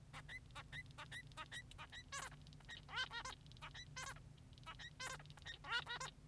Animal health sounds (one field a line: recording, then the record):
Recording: song of a male Bengalese finch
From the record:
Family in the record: son of father 3